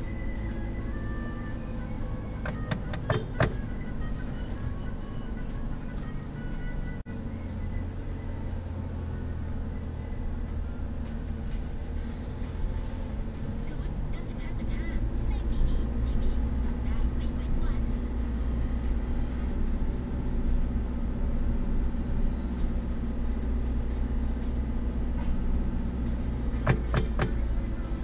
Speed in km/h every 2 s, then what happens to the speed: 15, 14, 14, 9, 10, 11, 13, 15, 15, 18, 18, 17, 17, 15.
0-6 steady at about 14. 6-18 speeds up to 18. 18-28 steady at about 17.